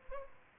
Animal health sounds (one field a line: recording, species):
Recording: mosquito wingbeat signal from an infrared sensor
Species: Aedes albopictus